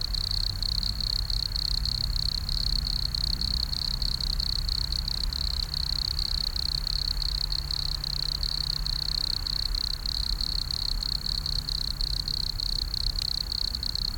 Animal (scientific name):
Nemobius sylvestris